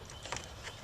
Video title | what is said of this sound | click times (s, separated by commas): BMW E38, E39 Ultrasonic PDC Sensor Replacement | this stick it back in the holder here on the piece of trim it'll snap right in there | 0.3 s